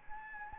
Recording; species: mosquito wingbeat signal from an infrared sensor; Anopheles gambiae